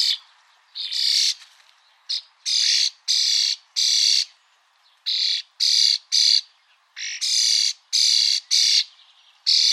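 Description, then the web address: Harsh bird squawks come in clustered bursts, some long and grating, others short, with brief pauses between groups. "Deverinetal 2025. Bird Only"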